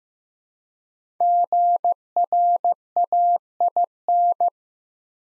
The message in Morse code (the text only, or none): GRAIN